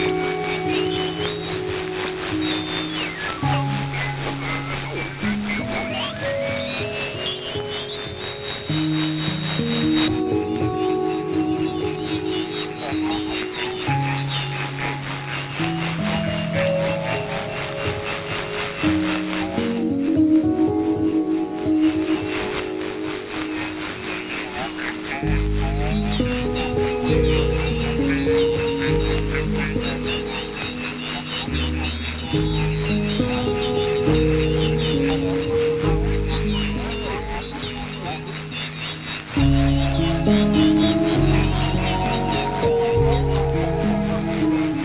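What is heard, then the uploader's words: Shortwave radio at night, muffled and thin, with wavering tones and faint voice-like fragments held under a steady hiss of static. The signal fades and thins around ten and twenty seconds. After twenty-five seconds, low, pulsing tones step through a regular, repeating pattern. Lost voices in night static. A short relay of the strange, haunting and ghost-like night life of shortwave radio.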